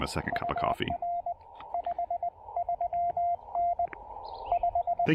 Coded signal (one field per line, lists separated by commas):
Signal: Morse code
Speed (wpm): 19 wpm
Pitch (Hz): 690 Hz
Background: speech, radio noise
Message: UR 53N 5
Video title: A morning QRP POTA activation at New River State Park